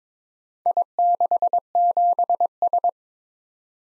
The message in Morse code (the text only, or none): I67S